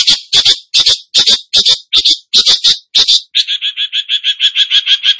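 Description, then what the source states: Cendet song: a fast series of harsh, rasping bursts, then a quicker run of repeated clear chirping notes. Cendet singing energetically (gacor).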